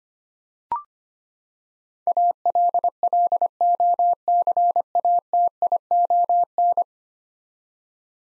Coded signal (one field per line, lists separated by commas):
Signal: Morse code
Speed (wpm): 25 wpm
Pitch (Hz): 700 Hz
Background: none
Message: ALLOCATION